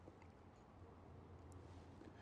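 Air filter elements on a Mercedes S550 are handled inside the engine air filter housing, with a steady low rumble and faint brief taps near 0.2 and 1.5 seconds. One filter is not yet in and still needs to be pushed in, because an unseated filter keeps the housing from closing properly and it will leak. Nothing has seated or clicked yet.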